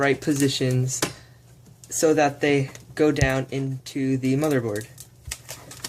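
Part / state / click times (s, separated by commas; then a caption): CPU cooler push pin into motherboard / seated / 5.3 s, 5.9 s. Someone talks, then the plastic push-pin feet of a CPU cooler are pressed down into the motherboard holes, giving short plastic clicks at 5.3 s and 5.9 s. The pins seat in the board.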